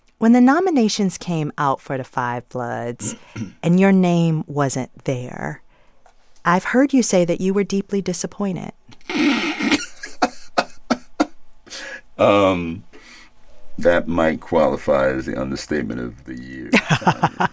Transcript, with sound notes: When the nominations came out for "Da 5 Bloods" and your name wasn't there, I've heard you say that you were deeply disappointed.
(Laughter) That might qualify as the understatement of the year,